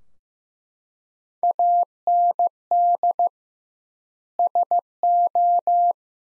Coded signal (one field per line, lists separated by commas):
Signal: Morse code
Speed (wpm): 16 wpm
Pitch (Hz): 700 Hz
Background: none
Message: AND SO